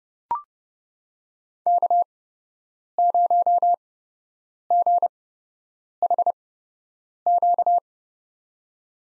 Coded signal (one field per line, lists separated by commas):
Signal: Morse code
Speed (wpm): 30 wpm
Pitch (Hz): 700 Hz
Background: none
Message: K0GHQ